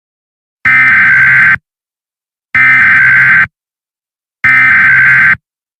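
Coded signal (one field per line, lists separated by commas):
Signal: Emergency Alert System (SAME) tones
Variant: header bursts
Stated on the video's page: EAS scenario recreation using valid EAS tones.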